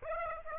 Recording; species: mosquito wingbeat signal from an infrared sensor; Aedes aegypti